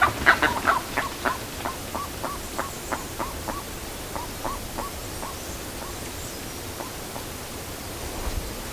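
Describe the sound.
Bird calling: a chattering series of short notes, fast and loud at first, then spacing out and fading over several seconds, with background hiss.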